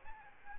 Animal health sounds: mosquito wingbeat signal from an infrared sensor; Aedes albopictus

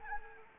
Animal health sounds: mosquito wingbeat signal from an infrared sensor; Anopheles arabiensis

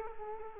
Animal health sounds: mosquito wingbeat signal from an infrared sensor; Culex quinquefasciatus

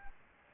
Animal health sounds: mosquito wingbeat signal from an infrared sensor; Aedes albopictus

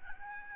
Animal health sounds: mosquito wingbeat signal from an infrared sensor; Aedes albopictus

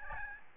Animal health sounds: mosquito wingbeat signal from an infrared sensor; Aedes albopictus

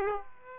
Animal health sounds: mosquito wingbeat signal from an infrared sensor; Aedes aegypti

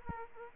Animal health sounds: mosquito wingbeat signal from an infrared sensor; Aedes aegypti

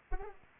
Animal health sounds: mosquito wingbeat signal from an infrared sensor; Anopheles arabiensis

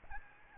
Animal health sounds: mosquito wingbeat signal from an infrared sensor; Aedes albopictus

